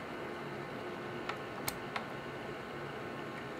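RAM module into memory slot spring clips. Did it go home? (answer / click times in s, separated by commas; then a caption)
yes / 1.3 s, 1.7 s, 2.0 s. A RAM module is pressed down into the laptop-style memory slot of an Early 2009 Mac Mini until the metal spring clips on each side snap over it. Sharp clicks sound at 1.3, 1.7 and 2.0 seconds over a steady background noise. The module is seated in its clips.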